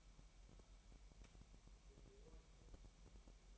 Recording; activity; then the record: daily activity, microphone in the room; take from stove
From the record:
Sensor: 1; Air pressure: 1002.0 hPa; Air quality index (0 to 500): 247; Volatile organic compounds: 52 ppm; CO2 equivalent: 3316 ppm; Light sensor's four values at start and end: 5/12/5/6 and 5/12/5/6